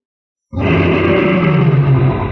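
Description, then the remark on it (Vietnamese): A deep, monstrous roar from flames erupting like a volcano out of the ground bursts in after half a second of silence and holds loud and steady, rumbling with heavy low growling and a harsh, noisy upper edge, no voices present. “Nương theo đó là một tiếng gào thét làm rung động lắc lư tâm thần.”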